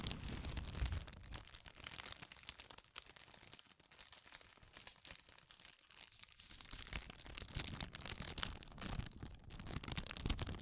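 Powerful crinkling that pulses unevenly, with bursts of dense crackle, a quieter stretch around four to six seconds, and a low rumble.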